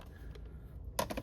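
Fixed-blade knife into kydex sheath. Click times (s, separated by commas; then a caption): 1.0 s. A Very Good Knife Co. "Adventurer Jr." fixed-blade knife is reinserted into its kydex sheath, with a few faint ticks before a sharp click at 1.0 s as it snaps home, followed by softer clicks near 1.1 and 1.2 s. The knife is seated securely in the sheath with no rattle.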